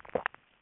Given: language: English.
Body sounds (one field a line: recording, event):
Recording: throat vibration sensor signal played as sound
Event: swallow